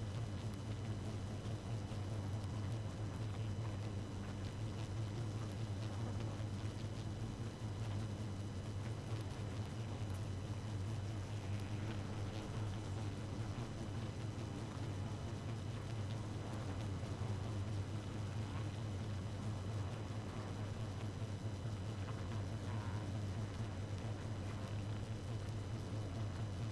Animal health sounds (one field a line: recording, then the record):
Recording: honeybee colony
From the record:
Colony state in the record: active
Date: 12 June 2018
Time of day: 0:38